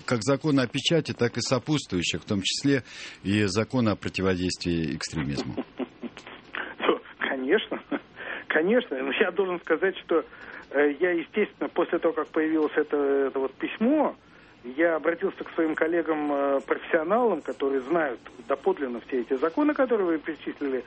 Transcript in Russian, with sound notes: как Закона о печати, так и сопутствующих, в том числе и Закона о противодействии экстремизму? (смеется)
Конечно! Я должен сказать, что я, естественно, после того как появилось это письмо, я обратился к своим коллегам-профессионалам, которые знают доподлинно все эти законы, которые вы перечислили.